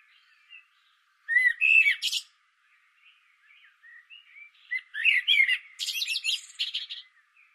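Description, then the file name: Common blackbird song, two rich warbled phrases ending in high scratchy twitters, with fainter warbling in between. "Turdus merula"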